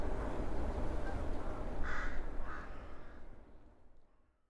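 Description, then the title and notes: Rook caws: two hoarse caws in the middle, then the sound fades away into quiet. Rooks over the Oder at Psie Pole, Wrocław (GPS 51.132998, 17.046448), near the city canal opposite the old grain elevator, 17:30; Sony PCM-D50 recorder, Rode NT4 microphone, FEL BMA preamplifier. "Gawrony nad Odrą Lokalizacja: Psie Pole Czas: , 17.30. Nagrane w Poblizu Kanału Miejskiego - na przeciw starego elewatora zbożowego. Gawrony, odległy sygnał pociągu , przejeżdżające rowery."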